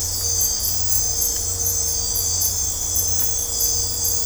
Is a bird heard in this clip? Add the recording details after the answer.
no. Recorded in dense forest near Puerto Asís, Putumayo, Colombia, on 22 December 2024 at 23:00. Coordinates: 0.503, -76.323. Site G043